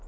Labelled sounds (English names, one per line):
Hermit Warbler flight call